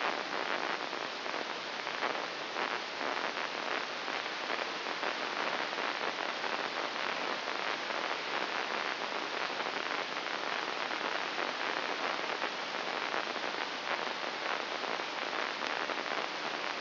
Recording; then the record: brain microelectrode recording played as sound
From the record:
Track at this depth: inside the subthalamic nucleus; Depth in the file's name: 3.802 mm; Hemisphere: right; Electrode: 2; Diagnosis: Parkinson's disease